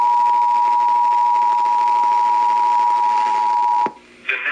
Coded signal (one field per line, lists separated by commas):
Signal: Emergency Alert System (SAME) tones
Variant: 853 and 960 Hz attention tone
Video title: GOOD MORNING! HAVE SOME DAVIDSON... EAS Alerts from 8/2/18 (EAS #1,517 - 1,535)